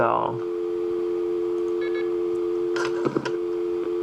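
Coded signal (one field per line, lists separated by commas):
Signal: telephone call progress tone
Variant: North America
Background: speech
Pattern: dial tone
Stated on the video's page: Call progress tones on North American local coin lines: coin first (prepay), dial tone first, semi-dial tone first, postpay and semi-postpay, all local calls from a private switch.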